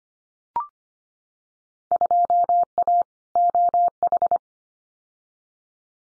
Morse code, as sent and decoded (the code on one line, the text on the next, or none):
..--- .- / --- ....
2A OH